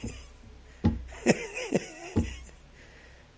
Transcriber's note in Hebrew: צחוק